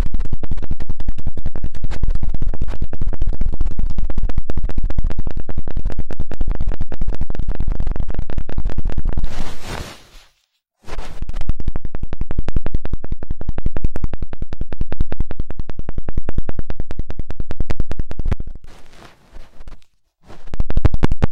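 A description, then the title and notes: Dense scratching and rubbing against the ear, a rapid stream of crackly strokes that runs loud and low-heavy with bright edges. Around ten seconds the texture turns to a softer hiss, then cuts to brief silence before resuming; another short gap comes near twenty seconds. High-frequency trigger sound, strong numbing and stress-relieving ear cleaning massage.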